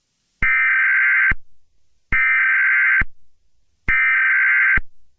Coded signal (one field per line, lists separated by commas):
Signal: Emergency Alert System (SAME) tones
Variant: header bursts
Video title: EAS SCENARIO 7| Slenderman